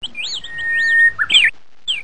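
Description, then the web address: Bird-like whistled call: two rising-and-falling notes, a long steady whistle, then a louder rough burst, ending with one more short falling whistle. Bird sound used as a phone ringtone. "csengohang birds"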